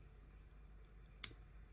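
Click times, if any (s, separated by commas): 1.2 s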